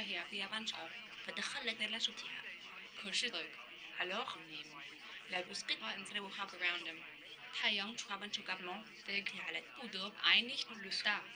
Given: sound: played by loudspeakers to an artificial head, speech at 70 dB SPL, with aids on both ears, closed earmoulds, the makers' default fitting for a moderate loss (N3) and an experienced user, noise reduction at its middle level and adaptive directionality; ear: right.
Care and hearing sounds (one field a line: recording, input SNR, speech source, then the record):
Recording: speech test signal (ISTS) in cocktail-party noise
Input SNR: +6 dB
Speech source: in front (0 degrees)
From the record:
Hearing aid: class 2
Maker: F